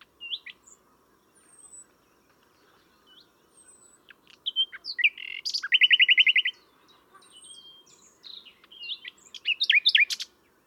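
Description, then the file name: Common nightingale song: quiet high whistles, then a loud rapid repeated rattle near six seconds, ending with a tumbling burst of sharp varied notes. "Luscinia megarhynchos"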